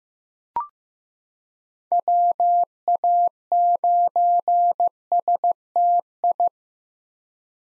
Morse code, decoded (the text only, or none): WA9STI